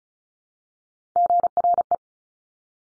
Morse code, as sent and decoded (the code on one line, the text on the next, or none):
--. .-. .
GRE